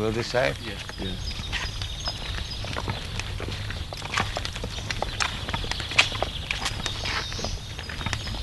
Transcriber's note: sound of birds chirping